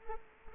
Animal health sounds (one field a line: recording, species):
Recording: mosquito wingbeat signal from an infrared sensor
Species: Culex quinquefasciatus